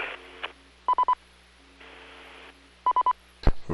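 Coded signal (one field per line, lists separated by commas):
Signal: none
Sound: repeater courtesy beeps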